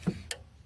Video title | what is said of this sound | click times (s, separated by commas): 2014 Chevy cruze 1.4 lower radiator hose replacement | all right hear that so that's clicked in now and of course I have that lower hose | 0.3 s